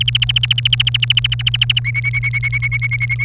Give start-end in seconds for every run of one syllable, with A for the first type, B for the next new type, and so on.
0.01-1.80 A, 1.84-3.25 B